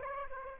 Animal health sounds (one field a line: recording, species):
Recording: mosquito wingbeat signal from an infrared sensor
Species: Aedes aegypti